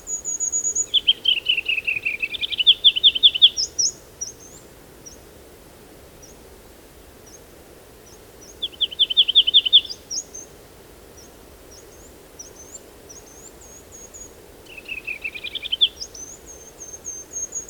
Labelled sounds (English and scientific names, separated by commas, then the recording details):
Ruby-crowned Kinglet (Corthylio calendula) song
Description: Ruby-crowned Kinglet song recorded on the Fern Lake Trail in Rocky Mountain National Park
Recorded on 10 June 2015